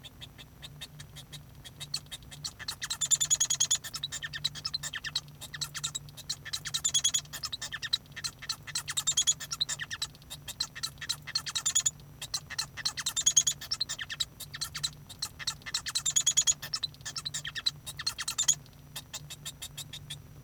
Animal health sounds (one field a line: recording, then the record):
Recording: song of a male Bengalese finch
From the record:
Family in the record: son of father 1